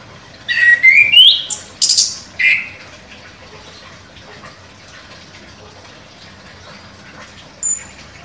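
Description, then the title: Orange-headed thrush song: a brief cluster of clear, sliding, high whistles, then near silence with one thin high note near the end. Described as gacor, vigorously singing. "Anis Kembang Gacor"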